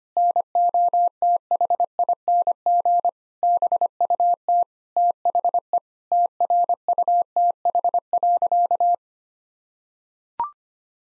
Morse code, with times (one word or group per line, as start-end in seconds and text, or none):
0.2-3.1 NOTHING
3.4-4.6 BUT
5.0-5.8 THE
6.1-8.9 TRUTH.